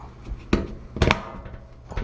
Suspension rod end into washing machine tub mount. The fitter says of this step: hear the click